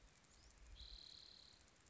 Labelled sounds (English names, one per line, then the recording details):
Spotted Towhee
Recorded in Sonoma County, California